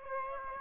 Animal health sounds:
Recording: mosquito wingbeat signal from an infrared sensor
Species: Aedes aegypti

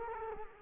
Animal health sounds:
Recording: mosquito wingbeat signal from an infrared sensor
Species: Culex quinquefasciatus

